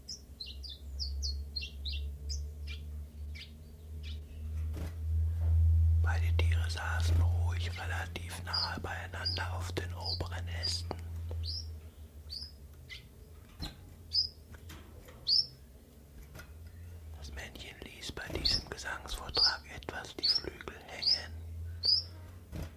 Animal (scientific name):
Phylloscopus collybita